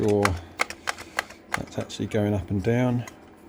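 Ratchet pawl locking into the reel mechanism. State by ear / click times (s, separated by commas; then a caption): not seated / none. The ratchet mechanism on an MGE ratchet reel is worked up and down while someone talks, with short sharp clicks from the ratchet pawl at about 0.6, 0.7, 0.9, 1.2 and 1.5 seconds. The pawl has not yet locked into place on the reel mechanism, and nothing has seated by the end of the clip.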